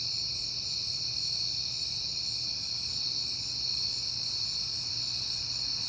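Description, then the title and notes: Continuous high cricket trilling from many insects, even and unchanging, over a faint low hum. Crickets on a peaceful night in September. "Night Time: Crickets and Passing Cars. It is September and I have been hearing the crickets a lot"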